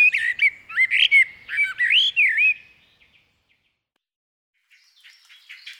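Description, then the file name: Common blackbird song: a run of mellow, fluting whistled phrases with rising and falling slurs over about two and a half seconds, then quiet and softer twittering near the end. "Merle noir"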